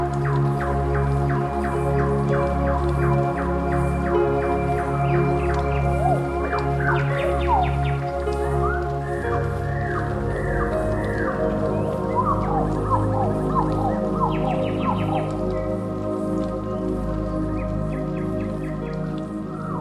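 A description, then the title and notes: A nightingale sings at night, its rising and falling whistles and quick clicking runs clustering in the middle of the twenty seconds. A steady low droning hum with a faint pulsing throb sits underneath the whole time, louder than the bird. Nightingale Sound At Night.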